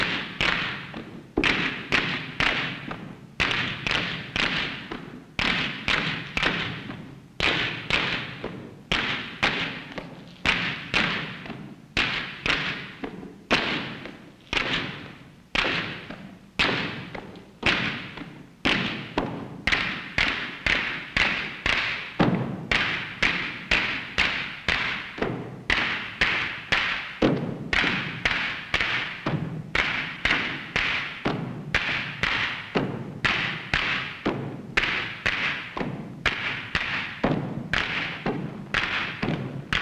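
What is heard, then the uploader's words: A group pounds rocks together and slams their feet on the ground, dancing to the rhythm these sounds make. Sharp, hard knocks and heavy thuds repeat quickly and steadily for the whole stretch, dense and insistent, with brief bright cracks layered over dull stamping. GROUP POUNDS ROCKS TOGETHER, SLAM FEET ON GROUND, AS THEY DANCE TO RHYTHM MADE BY THESE SOUNDS.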